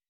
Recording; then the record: hydrophone in a shrimp aquaculture tank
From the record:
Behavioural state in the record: weakened